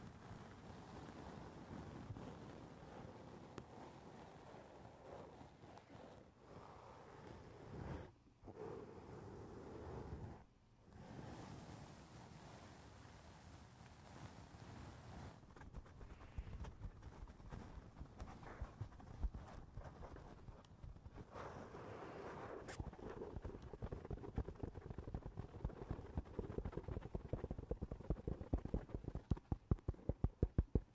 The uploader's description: fingers down a fogged up window